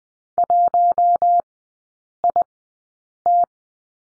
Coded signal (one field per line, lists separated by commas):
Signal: Morse code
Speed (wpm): 20 wpm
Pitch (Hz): 700 Hz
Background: none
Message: 1IT